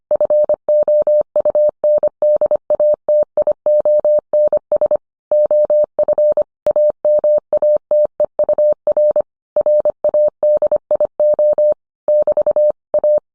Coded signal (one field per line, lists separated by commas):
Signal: Morse code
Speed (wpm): 25 wpm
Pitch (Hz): 600 Hz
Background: none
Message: FOUNDATIONS OF AMATEUR RADIO <BT> A